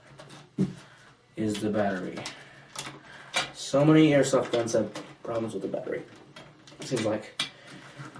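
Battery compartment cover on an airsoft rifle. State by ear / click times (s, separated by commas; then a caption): not seated / none. Someone talks while fitting the battery into a CYMA CMO28U AK47 RIS airsoft rifle and handling its battery compartment cover, with faint handling knocks between the words. Nothing has seated or clicked into place yet.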